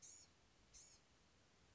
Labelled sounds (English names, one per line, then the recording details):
Blue-gray Gnatcatcher
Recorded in Sonoma County, California